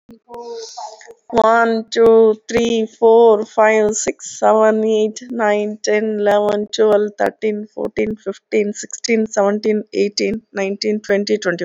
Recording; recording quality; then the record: sustained vowel as in made; poor, much background noise or distortion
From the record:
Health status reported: recovered from COVID-19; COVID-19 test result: positive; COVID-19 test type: RT-PCR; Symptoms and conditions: cough, cold, sore throat, fever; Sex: female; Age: 44 years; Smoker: no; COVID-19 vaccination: both doses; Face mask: worn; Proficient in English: yes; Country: India